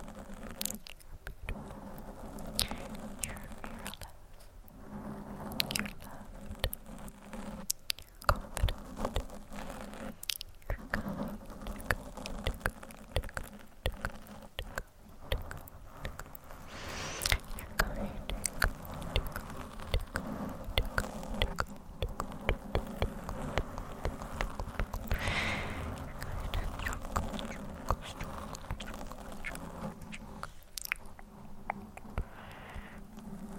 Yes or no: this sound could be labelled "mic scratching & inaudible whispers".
yes